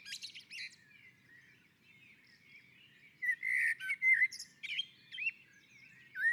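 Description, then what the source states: Common blackbird: the tail of one song phrase, a pause, then a new phrase of rich fluted whistles with high squeaks between them. On the roof.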